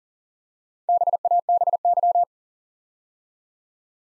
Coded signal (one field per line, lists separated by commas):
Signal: Morse code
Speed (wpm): 39 wpm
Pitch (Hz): 700 Hz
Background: none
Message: BABY